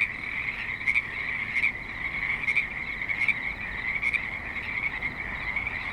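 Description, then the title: Frogs giving raspy croaks in a continuous chorus, with louder notes popping out now and then over the steady trilling background. Creek in suburban Spanish Springs, Nevada; light traffic and other suburban sounds present. "Frogs in Spanish Springs, NV - creek view"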